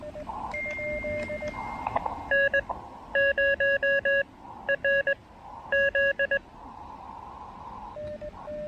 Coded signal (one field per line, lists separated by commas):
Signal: Morse code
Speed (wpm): 20 wpm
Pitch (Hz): 1650 Hz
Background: none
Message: N0RZ